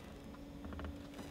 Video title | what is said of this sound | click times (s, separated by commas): Audi A4 2007-2008 Radio Installation | hear a click all | 0.8 s